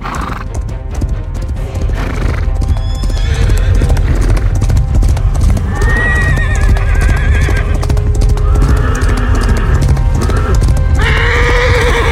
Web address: horse